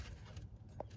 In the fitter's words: You just turn, you hear that click. We got it out with one hand.